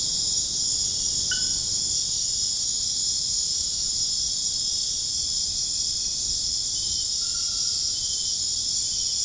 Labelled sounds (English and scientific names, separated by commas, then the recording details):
none
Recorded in dense forest near Puerto Asís, Putumayo, Colombia, on 29 June 2025 at 22:00
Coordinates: 0.481, -76.323
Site G072